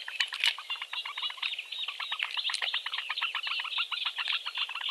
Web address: suono del cinguettio dei pulcini del tarabuso maggiore